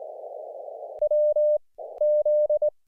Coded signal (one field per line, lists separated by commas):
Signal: Morse code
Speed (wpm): 18 wpm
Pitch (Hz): 610 Hz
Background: none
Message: W Z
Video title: EFHW MIGHT be an Acceptable POTA Antenna Now - 5/8/23 @ K-4451